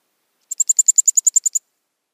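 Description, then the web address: Eurasian wryneck nestling calls: a quick series of about twelve high, thin, buzzy ticks, evenly spaced over one second, in otherwise silent surroundings. "Schulze Peter Eurasian Wryneck nestling"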